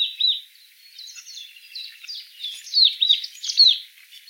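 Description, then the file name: Marsh tit calls, a jumble of high slurred notes that grows busier and louder in its second half. "Poecile palustris"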